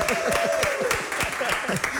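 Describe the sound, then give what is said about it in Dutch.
An audience breaks into steady applause welcoming a guest, the assistant to the Formula 1 race director: a dense wash of many hands clapping at constant loudness for the full two seconds, with a few voices cheering underneath. “Zo, die mag een applaus hebben.”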